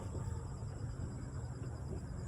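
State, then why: Not seated. A new Rain-X Expert Fit wiper blade is lined up on the wiper arm of a GMC Yukon, ready to be pushed home. Only a steady low rumble with soft broadband noise is heard, with no sharp sounds. The blade has not clicked into place yet.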